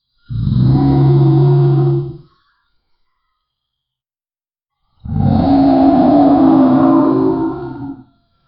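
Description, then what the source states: Lion growling, two long low rumbling growls, the first about two seconds and the second about three, separated by a few seconds of silence. Very loud growls.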